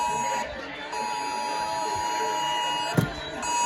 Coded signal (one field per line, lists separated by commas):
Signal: Emergency Alert System (SAME) tones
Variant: 853 and 960 Hz attention tone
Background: speech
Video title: The 2023 National EAS Test (EAS #640-659)